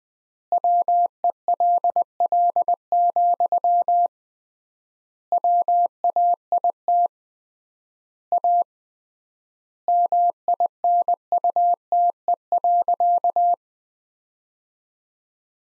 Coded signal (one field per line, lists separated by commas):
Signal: Morse code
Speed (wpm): 21 wpm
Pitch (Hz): 700 Hz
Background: none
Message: WELL, WAIT A MINUTE.